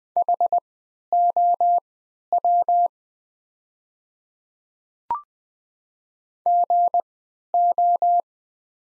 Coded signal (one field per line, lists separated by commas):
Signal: Morse code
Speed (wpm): 20 wpm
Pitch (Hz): 700 Hz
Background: none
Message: HOW GO